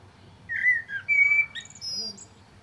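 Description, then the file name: Common blackbird song with mellow whistled notes, followed by a sustained level whistle and thin high squeaky notes at the end. "Turdus merula"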